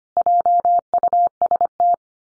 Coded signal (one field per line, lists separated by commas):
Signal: Morse code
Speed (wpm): 25 wpm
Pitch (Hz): 700 Hz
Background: none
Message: JUST